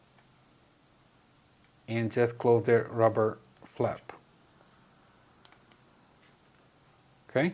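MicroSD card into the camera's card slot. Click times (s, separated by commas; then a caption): 0.2 s. A microSD card is pushed face up into the spring-latched card slot of a Tapo C400 battery outdoor security camera; a fast card is used because the camera records at high resolution. A short, quiet click at 0.2 s marks the card seating. Someone then talks, a few faint ticks follow around 5.5 s, and another burst of talk comes near the end.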